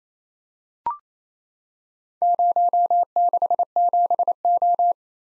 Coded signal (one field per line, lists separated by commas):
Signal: Morse code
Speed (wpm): 29 wpm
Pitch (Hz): 700 Hz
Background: none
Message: 067O